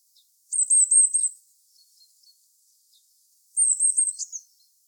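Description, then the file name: Eurasian blue tit giving two short bursts of high, rapid trilled notes, with a few faint soft calls between them. "Cyanistes caeruleus"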